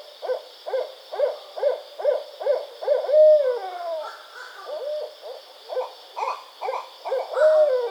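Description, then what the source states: Barred owl giving a series of evenly spaced hoots, then a drawn-out note and softer calls, then more hoots ending in another drawn-out note; steady high hiss in the background. Recorded 24 May 2009.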